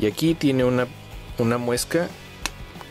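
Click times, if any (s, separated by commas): 2.5 s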